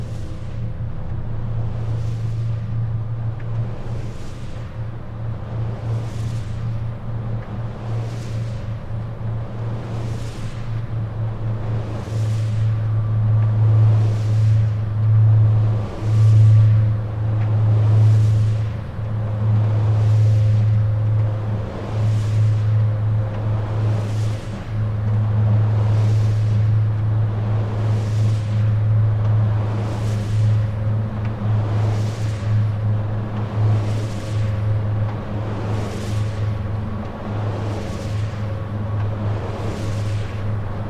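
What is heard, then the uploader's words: A wind turbine runs with a steady low drone and a faint higher whine, while a soft whooshing swell from the blades repeats roughly every two seconds throughout. The hum thickens and grows slightly louder around the middle before settling back. Wind turbine - Field Recording. This field recording, while not captured at Roan or Storheia, encapsulates the rhythmic cadence of a wind farm. Zoom F3 (32bit float) with Clippy EM272 (omni stereo matched pair) + LOM Geofon.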